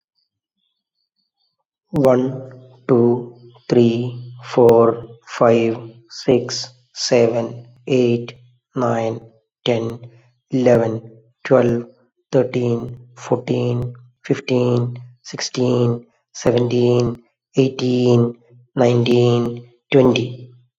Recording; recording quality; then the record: counting at a normal pace; excellent, no background noise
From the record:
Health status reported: exposed to COVID-19, no respiratory illness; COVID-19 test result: negative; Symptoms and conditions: cough, sore throat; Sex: male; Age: 40 years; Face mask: not worn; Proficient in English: yes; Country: India